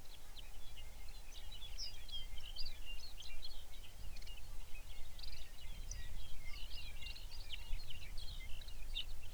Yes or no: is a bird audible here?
yes